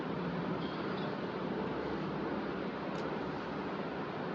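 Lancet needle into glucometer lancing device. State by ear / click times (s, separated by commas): not seated / none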